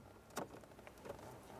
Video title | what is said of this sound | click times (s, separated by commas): How to Replace Combination Switch 2005-2010 Chevrolet Cobalt | right, those are very light clicks. | 0.4 s, 0.9 s